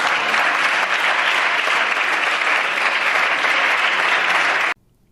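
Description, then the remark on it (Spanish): Steady, dense applause in the Spanish parliament for a woman speaker after her speech on gender violence, many hands clapping in a continuous even wash for nearly five seconds before cutting off abruptly. “Aplausos recibe la gran intelectual”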